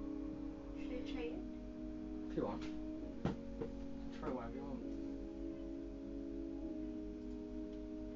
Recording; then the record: background sound without coughing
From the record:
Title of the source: BackgroundMusic3